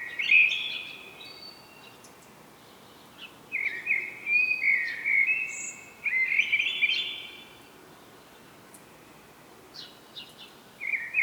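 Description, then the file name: Common blackbird song: low, fluty warbled phrases with squeaky high twitters between them, and a few short faint chirps in the pauses. "Turdus merula"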